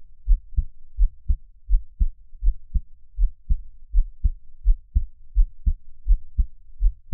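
Steady paired low thumps, about 83 a minute: an adult's normal heartbeat, heard up close.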